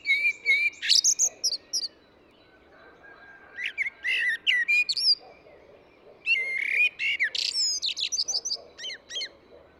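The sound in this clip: Eurasian blackbird singing in phrases of fluty whistles followed by sharp high twittering, several bursts with brief silent gaps, faint low background hum.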